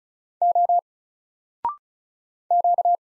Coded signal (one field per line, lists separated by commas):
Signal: Morse code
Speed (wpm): 36 wpm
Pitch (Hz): 700 Hz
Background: none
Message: O Q